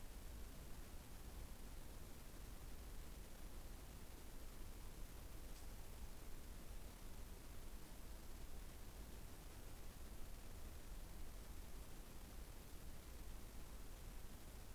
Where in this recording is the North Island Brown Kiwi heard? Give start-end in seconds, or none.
none